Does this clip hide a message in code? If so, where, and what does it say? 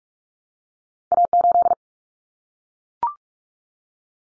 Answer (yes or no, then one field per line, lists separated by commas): yes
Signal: Morse code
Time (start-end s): 1.1-1.7 s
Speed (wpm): 44 wpm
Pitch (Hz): 700 Hz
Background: none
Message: A8